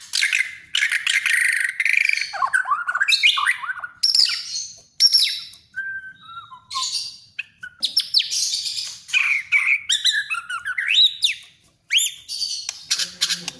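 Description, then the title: Oriental magpie-robin song, a varied stream of clear whistles, chirps and fast slurred notes in short bursts, with brief pauses between phrases. "kacer"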